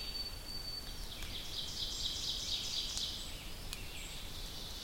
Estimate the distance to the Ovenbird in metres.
about 65 m